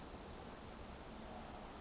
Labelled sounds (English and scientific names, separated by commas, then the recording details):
Chestnut-backed Chickadee (Poecile rufescens)
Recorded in Sonoma County, California